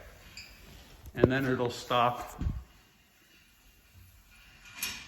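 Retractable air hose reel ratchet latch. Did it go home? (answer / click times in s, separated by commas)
yes / 4.8 s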